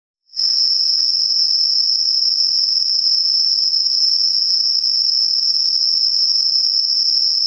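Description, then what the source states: Insect song begins after a brief silence, then an unbroken, shrill, high-pitched trill continues evenly to the end. Night-singing insects, recorded 12 September 2023.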